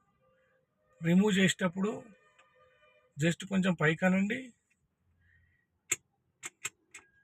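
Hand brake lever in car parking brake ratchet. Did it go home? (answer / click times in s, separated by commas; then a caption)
released / 5.9 s, 6.5 s, 6.6 s, 7.0 s. Someone talks, then a car's hand brake lever is lifted slightly to release the parking brake ratchet, giving sharp ratchet clicks at 5.9, 6.5, 6.7 and 7.0 seconds. The hand brake is released.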